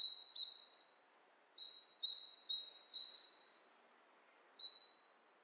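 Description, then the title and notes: Bird calls: soft, high chirping bursts with pauses between them, over a light background hiss. Two birds interacting, lo-fi recording. "bird dialogs. lo-fi recording of two birds interacting"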